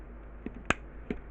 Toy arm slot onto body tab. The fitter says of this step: Goes onto that tab. And then this will come down. And this time it actually locks into place.